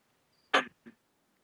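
A single sudden, hissy burst of air fades over about a fifth of a second, then a much softer puff follows. This is one small, stifled adult sneeze in a quiet room, during a coaching call.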